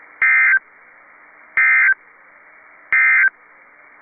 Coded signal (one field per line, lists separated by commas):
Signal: Emergency Alert System (SAME) tones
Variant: end-of-message bursts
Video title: EAS 1866 & 1867 (5/21 & 5/22/22)